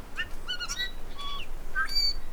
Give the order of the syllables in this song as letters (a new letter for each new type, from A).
A B C D